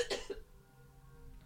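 Two quick, harsh cough bursts from an adult man with the flu, a cough that hurts his chest and is expected to get progressively worse, followed by quiet room noise.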